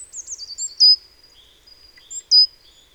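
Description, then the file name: Great tit calls: a run of thin high notes sliding downward, then two sharp, loud downslurred notes about one and a half seconds apart, in a quiet background. "Parus major"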